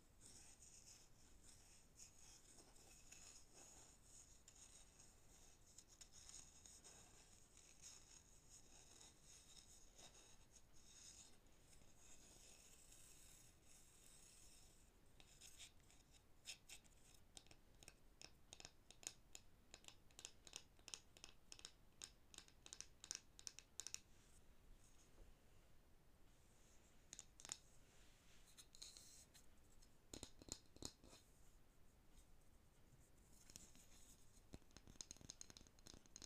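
Wooden objects are tapped and scratched, starting with a steady, soft scraping hiss for the first fifteen seconds. After that, quick irregular taps join in, clustering densely around 16–24 seconds and again near 27–33 seconds, sharp and bright over a faint low rumble.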